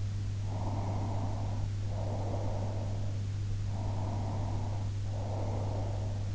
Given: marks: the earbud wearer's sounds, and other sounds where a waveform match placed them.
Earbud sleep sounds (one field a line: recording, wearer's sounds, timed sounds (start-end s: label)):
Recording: sounds in sleep by an in-ear microphone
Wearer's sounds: breath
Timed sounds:
0.56-3.02 s: breath
3.69-6.28 s: breath